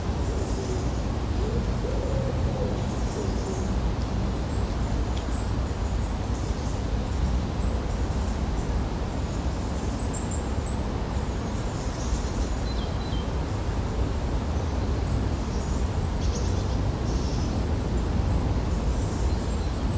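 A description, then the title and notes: Small woodland birds chirp faintly and intermittently, their high calls sitting over a steady, dense low rumble of wind or traffic. Start the day in a wild woodland. It's early morning and as the sun breaks through the canopy of leaves and the wrens, blue tits, robins begin their cheerful chatter. Recorded by Jack Bateman, presented by Hannah Tribe.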